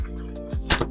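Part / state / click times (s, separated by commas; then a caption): pull-down screen latch in its housing / seated / 0.8 s. A portable 36-inch projector screen is pulled straight down from its stored spot in a trailer, with a soft sliding rush building before a short click at 0.8 s. The screen's pull-down latch catches in its housing and holds the screen open.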